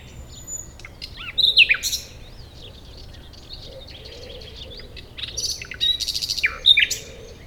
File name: Luscinia megarhynchos